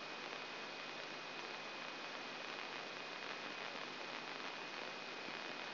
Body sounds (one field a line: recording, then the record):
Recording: brain microelectrode recording played as sound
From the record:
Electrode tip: inside the subthalamic nucleus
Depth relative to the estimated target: 0 mm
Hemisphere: left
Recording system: AlphaMap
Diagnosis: Parkinson's disease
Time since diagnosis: 9 years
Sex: male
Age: 66 years